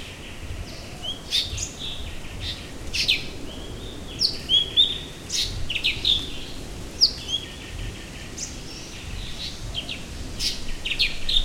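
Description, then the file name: Blue-winged leafbird giving a lively, irregular run of sharp chirps and short whistled notes. "cucak ranti-blue winged leafbird-chloropsis-cochinchinensis"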